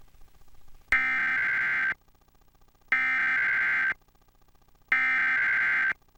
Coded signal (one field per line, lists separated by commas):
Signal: Emergency Alert System (SAME) tones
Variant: header bursts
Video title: Emergency Alert System on WDAZ Grand Forks